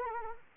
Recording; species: mosquito wingbeat signal from an infrared sensor; Anopheles arabiensis